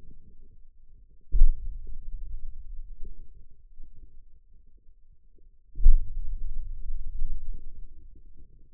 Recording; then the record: forearm muscle sounds (acoustic myography)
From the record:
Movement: hand opening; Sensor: system 2, bracelet of six BSWA MPA416 microphones around the upper forearm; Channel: 6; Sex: male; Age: 22 years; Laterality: right